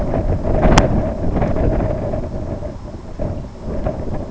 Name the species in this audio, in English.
none